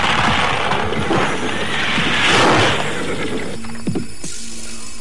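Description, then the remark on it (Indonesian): A dense rush of rapid hoofbeats from a troop of horses pounds steadily through a forest, then the galloping stops abruptly, leaving a quieter stretch with a few snorts and a brief whinny. “Serombongan kuda berderap kencang seakan-akan hendak membelah kesunyian hutan itu. Tetapi tiba-tiba saja lari kuda-kuda tersebut terhenti.”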